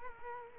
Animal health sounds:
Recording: mosquito wingbeat signal from an infrared sensor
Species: Culex quinquefasciatus

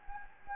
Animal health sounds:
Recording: mosquito wingbeat signal from an infrared sensor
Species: Anopheles gambiae

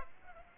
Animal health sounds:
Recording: mosquito wingbeat signal from an infrared sensor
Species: Aedes aegypti

